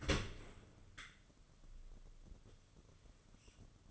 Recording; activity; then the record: daily activity, microphone in the room; open dishwasher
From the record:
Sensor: 4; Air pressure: 995.3 hPa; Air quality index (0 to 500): 213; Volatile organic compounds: 242 ppm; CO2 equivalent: 4340 ppm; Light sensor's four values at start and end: 38/119/45/50 and 38/117/44/50